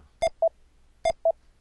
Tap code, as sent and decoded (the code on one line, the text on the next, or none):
none